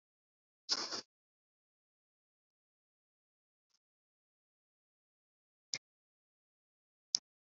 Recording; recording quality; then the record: deep breathing; excellent, no background noise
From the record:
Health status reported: COVID-19 positive, moderate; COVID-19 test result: positive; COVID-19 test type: RT-PCR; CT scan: not taken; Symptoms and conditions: cough, cold, fever, fatigue, muscle pain, loss of smell and taste, diarrhoea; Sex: male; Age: 25 years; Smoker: no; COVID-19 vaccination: both doses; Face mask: worn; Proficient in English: yes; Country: India